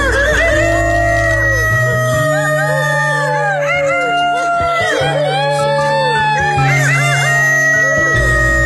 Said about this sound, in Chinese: 经过这两天的停赛，大会组委会决定重新开赛，由于呢参赛的绝大部分是公鸡啊，那我们呢就比打鸣，在规定时间内谁打得响谁就赢，比赛开始。